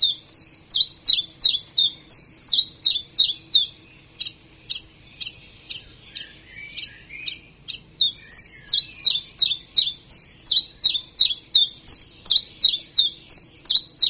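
Common chiffchaff singing a long run of sharp, high, falling notes at about three per second, with a quieter stretch of fainter notes in the middle.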